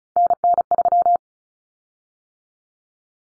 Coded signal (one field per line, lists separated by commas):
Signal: Morse code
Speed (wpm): 34 wpm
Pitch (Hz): 700 Hz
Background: none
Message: NN3